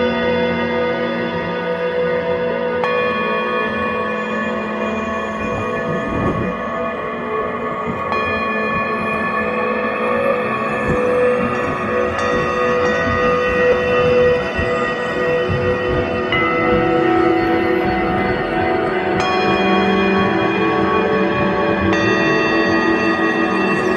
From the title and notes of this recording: A singing bowl improv which ended up strange…